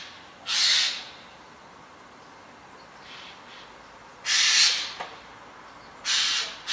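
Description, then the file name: Eurasian jay uttering three loud, raspy screeches spaced a few seconds apart, with a couple of softer rough notes in between and another loud screech starting right at the end. "Garrulus glandarius"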